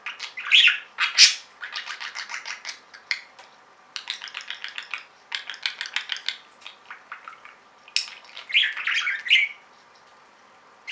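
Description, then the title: Budgerigar calls, rapid series of short ticking chirps in bursts, then a warbled squawky phrase. "Budgie Sounds"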